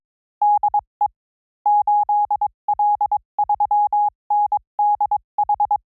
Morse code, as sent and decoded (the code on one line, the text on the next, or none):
-.. . / ---.. .-.. ...-- -. -.. ....
DE 8L3NDH